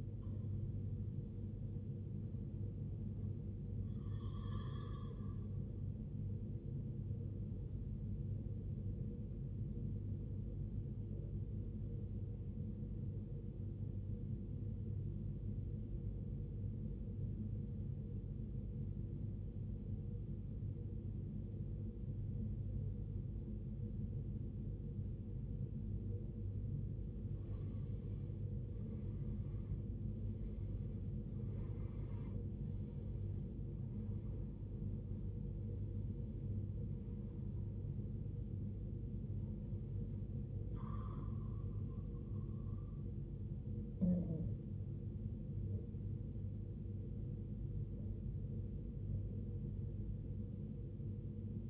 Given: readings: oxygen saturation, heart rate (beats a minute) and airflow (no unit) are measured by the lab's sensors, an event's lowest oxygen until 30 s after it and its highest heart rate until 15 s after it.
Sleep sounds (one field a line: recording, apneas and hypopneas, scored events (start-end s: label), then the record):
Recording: breathing in sleep by a smartphone at the bedside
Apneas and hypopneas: 1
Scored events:
9.00-27.90 s: obstructive apnea (N1, oxygen 95% highest, then 90% lowest)
9.00-51.70 s: new sleep stage, N2 (light sleep)
From the record:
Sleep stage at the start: N1 (lightest sleep)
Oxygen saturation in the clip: 90 to 95%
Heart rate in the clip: 47 to 72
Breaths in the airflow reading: 7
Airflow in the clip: -17.5 to 18.4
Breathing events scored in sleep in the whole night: 389 in 6.3 hours asleep